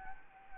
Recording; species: mosquito wingbeat signal from an infrared sensor; Anopheles arabiensis